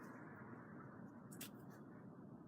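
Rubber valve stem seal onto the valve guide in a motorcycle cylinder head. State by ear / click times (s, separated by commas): not seated / none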